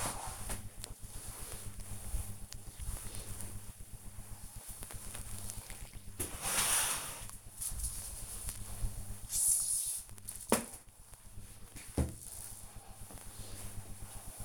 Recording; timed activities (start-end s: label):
household activities, microphone on the right wrist
0.00-14.45 s: floor cleaning